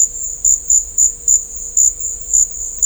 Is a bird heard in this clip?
no